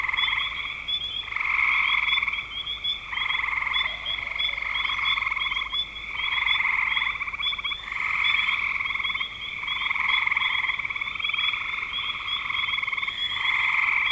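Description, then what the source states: Frogs croaking in overlapping pulsed trills that rise and drop in loudness in waves, with a continuous high whine throughout. Recorded in spring 2025.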